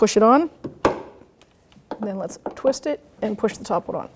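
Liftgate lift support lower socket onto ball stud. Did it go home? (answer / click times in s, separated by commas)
yes / 0.8 s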